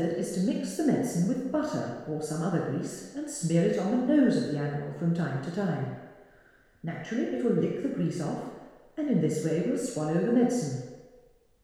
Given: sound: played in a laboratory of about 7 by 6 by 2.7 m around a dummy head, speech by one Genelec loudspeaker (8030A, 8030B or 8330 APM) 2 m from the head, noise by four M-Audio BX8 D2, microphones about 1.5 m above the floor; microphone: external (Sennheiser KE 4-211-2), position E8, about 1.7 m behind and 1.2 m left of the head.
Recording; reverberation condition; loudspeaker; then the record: female speech in English; high; 120 degrees to the left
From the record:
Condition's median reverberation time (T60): about 1300 ms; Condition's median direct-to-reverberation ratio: about -4.0 dB